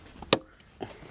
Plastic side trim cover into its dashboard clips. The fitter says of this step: on clipse tout simplement ça